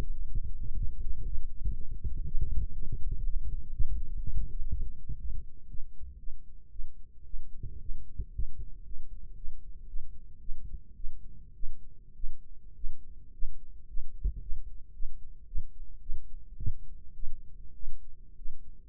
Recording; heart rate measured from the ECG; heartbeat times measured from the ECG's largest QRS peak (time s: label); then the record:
heart sounds by microphone in the left ear; 113 bpm
0.29 s: heartbeat
0.79 s: heartbeat
1.28 s: heartbeat
1.77 s: heartbeat
2.27 s: heartbeat
2.77 s: heartbeat
3.26 s: heartbeat
3.75 s: heartbeat
4.24 s: heartbeat
4.73 s: heartbeat
5.22 s: heartbeat
5.71 s: heartbeat
6.21 s: heartbeat
6.73 s: heartbeat
7.27 s: heartbeat
7.82 s: heartbeat
8.36 s: heartbeat
8.87 s: heartbeat
9.38 s: heartbeat
9.90 s: heartbeat
10.42 s: heartbeat
10.98 s: heartbeat
11.57 s: heartbeat
12.17 s: heartbeat
12.77 s: heartbeat
13.35 s: heartbeat
13.90 s: heartbeat
14.43 s: heartbeat
14.96 s: heartbeat
15.49 s: heartbeat
16.03 s: heartbeat
16.59 s: heartbeat
17.17 s: heartbeat
17.77 s: heartbeat
18.39 s: heartbeat
From the record:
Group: healthy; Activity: light exercise 0-8 s, rest 8-19 s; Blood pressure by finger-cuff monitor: 139/80 mmHg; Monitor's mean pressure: 99 mmHg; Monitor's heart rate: 115 bpm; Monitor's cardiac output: 8.8 L/min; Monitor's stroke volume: 76 mL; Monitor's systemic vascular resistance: 800 dyn s/cm5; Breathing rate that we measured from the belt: 11 breaths a minute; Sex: female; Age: 37 years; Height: 168 cm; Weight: 70 kg